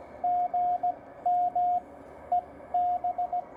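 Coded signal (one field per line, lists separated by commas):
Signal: Morse code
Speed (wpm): 17 wpm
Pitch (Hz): 690 Hz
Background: radio noise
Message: GM EB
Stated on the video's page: Morse from a Parks on the Air activation with a TR45L Skinny radio, MC-750 vertical whip with four radials, Bamatech TP III key and battery power.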